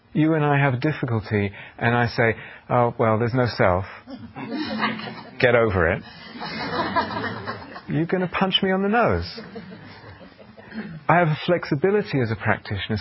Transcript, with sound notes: You and I have a difficulty, and I say, "Oh, well, there's no self. Get over it." [laughter] You're going to punch me on the nose! I have a flexibility as a practitioner.